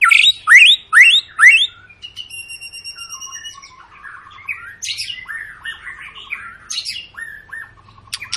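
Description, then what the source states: White-rumped shama: songbird singing four loud rising sweeps, then a sustained tone and a run of varied chattering, warbled whistles. Long lure recording of energetic shama song, played to prompt other birds to sing.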